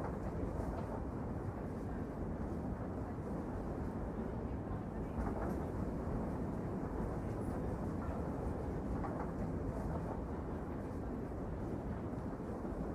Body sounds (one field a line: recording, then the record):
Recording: background sound without coughing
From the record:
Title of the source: Train Ride Ambience ambient white noise for sleeping, focus, studying, reading